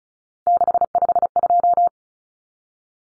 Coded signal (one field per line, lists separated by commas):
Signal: Morse code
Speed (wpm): 34 wpm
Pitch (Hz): 700 Hz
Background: none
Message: 652